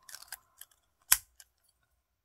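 A clip-on part of a craft cutting tool, likely a paper trimmer, that had been left unclipped is pressed home into place. A few faint light ticks come first, then a single sharp, loud snap at 1.1 s and a small tick after. The part seats, with a forceful snap that is by design.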